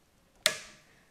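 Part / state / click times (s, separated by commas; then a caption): torque wrench on rifle action screw / torque reached / 0.5 s. A torque wrench set to 20 inch-pounds tightens an action screw on a new Savage rifle until it reaches its setting. After near silence, a single sharp metallic click lands at 0.5 s and rings out briefly. The click confirms the screw has reached the set torque.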